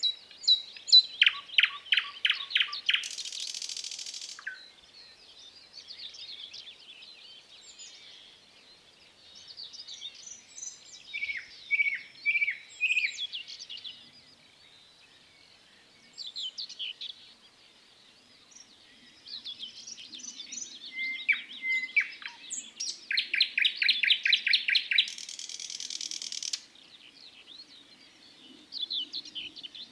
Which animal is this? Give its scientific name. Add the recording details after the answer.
Luscinia luscinia. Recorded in the wild. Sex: male. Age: adult. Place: Zagórów, Nadwarcianski Park Krajobrazowy, Greater Poland Voivodeship, PL. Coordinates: 52.1815, 17.9259. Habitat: deciduous forest edge. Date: 2017-05-15 08:20. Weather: light cloud, light breeze. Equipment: Marantz PMD660 recorder, Sennheiser ME67 directional microphone. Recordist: Souriau, Abel